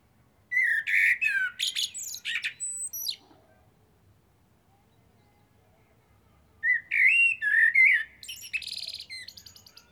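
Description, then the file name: Common blackbird song, two phrases of flute-like warbling with squeaky high endings, separated by a pause of about three and a half seconds. "Turdus merula"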